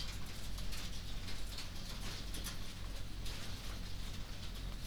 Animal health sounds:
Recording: poultry house recording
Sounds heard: no chicken sound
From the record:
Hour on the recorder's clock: 19

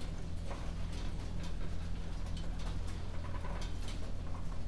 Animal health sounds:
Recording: poultry house recording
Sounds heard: no chicken sound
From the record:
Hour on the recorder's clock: 23

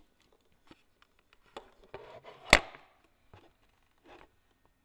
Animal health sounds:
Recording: poultry house recording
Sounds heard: no chicken sound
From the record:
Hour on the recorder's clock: 12

